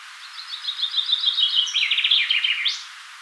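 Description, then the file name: Common chaffinch song: a rapid series of bright notes running into a descending rattling trill, closing with a sharp upward flourish, about two and a half seconds long. "Fringilla coelebs"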